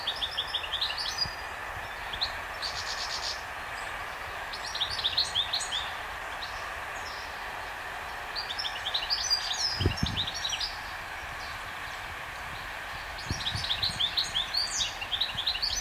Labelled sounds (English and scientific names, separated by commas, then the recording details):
European Goldfinch (Carduelis carduelis) song
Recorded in the wild
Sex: male
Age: adult
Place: Berlin, OT Blankenfelde, Berlin, DE
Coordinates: 52.6333, 13.4
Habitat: robinia
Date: 1988-07-10 17:02
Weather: sunny, 17-20°C, wind
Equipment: Sony WM-D6C, Kopie Tesla B 116
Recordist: Tembrock, Günter
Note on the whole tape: Bei den Arkenberge (am Schutzgebiet), singt in Robinie. Gesang